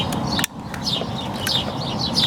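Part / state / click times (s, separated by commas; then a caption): plastic trim clip into car door panel / seated / 0.4 s. A plastic trim clip is pressed into the front driver door panel of a 2019 Toyota Highlander XLE during a speaker replacement. A single sharp snap at 0.4 s is followed by a brief drop in background noise, with birds chirping throughout. The clip snaps back in and is seated.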